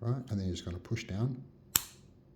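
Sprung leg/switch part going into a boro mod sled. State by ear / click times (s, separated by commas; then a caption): seated / 1.8 s. Someone talks while pushing down on a sprung leg/switch part going into a Zero B2 21700 mech boro mod sled, with one leg already in and the other resting on top. A sharp click at 1.8 s marks the part seating into place.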